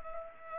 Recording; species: mosquito wingbeat signal from an infrared sensor; Culex pipiens